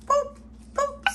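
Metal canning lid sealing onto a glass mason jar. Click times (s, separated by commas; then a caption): 1.1 s. A metal canning lid on a glass mason jar of processed salmon, cooling after coming out of the pressure canner, snaps down as the vacuum seals it. Two short tonal bursts sound at about 0.1 and 0.8 seconds, then a sharp pop comes at 1.1 seconds. The lid has sealed.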